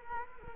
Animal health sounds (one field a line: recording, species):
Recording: mosquito wingbeat signal from an infrared sensor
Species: Culex quinquefasciatus